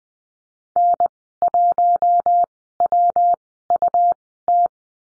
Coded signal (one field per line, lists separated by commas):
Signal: Morse code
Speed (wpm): 20 wpm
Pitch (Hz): 700 Hz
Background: none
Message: N1WUT